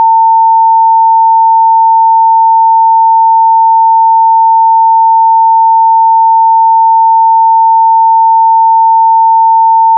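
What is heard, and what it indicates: A steady, unbroken pure tone near 900 Hz, a simulated tinnitus tone used for tinnitus determination, matching the pitch of one's tinnitus.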